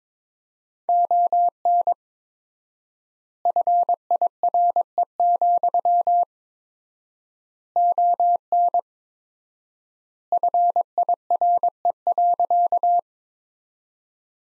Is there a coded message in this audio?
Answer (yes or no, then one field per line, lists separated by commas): yes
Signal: Morse code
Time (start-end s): 0.9-13.0 s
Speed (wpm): 21 wpm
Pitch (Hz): 700 Hz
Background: none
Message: ON FIRE, ON FIRE.